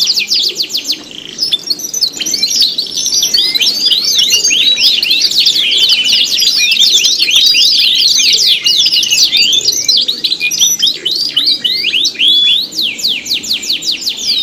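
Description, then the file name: Canary song, crowded rapid chirps and trilled notes piling up, with a thin buzzing rhythm above. Simulated canary singing contest with tutor songs (isian), part 3. "audio-simulasi-lomba-kenari-isian 3-omkicau"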